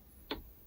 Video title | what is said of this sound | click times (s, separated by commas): camera mount bike stand 10 | there's the click we're in | 0.3 s